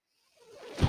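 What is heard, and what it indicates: A rising airy whoosh that swells into a low puff, a home mechanical ventilator delivering a breath.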